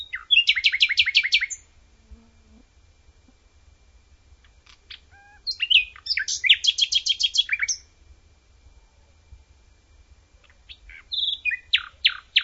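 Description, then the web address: Common nightingale song in three bursts, each a fast series of loud repeated notes, with short whistles and chattering between phrases, then a pause before the next. Outdoors. "draussen nachtigall"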